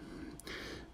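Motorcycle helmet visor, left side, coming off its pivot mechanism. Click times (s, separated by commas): 0.4 s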